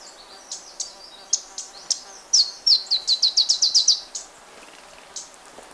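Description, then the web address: Black-crested warbler song: scattered high chips, then a rapid, evenly spaced series of sharp notes, over a faint hiss of background noise. Recorded in Ecuador. "Birds of Ecuador. Black-crested Warbler"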